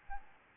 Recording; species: mosquito wingbeat signal from an infrared sensor; Aedes albopictus